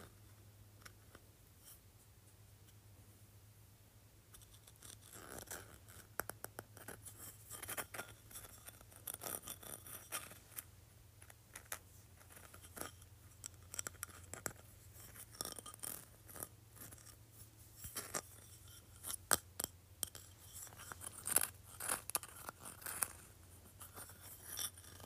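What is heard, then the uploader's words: Fingernails run across grooves in quick, dry scraping strokes with sharp ticks, starting after a quiet opening, over a steady low hum. ASMR Running Nails Across Grooves.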